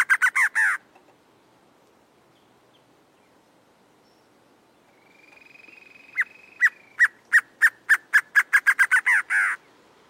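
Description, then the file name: Acre antshrike song: a few notes, a pause with a faint drawn sound, then a run of crisp notes accelerating and ending in a longer note. "Canto do choca do acre"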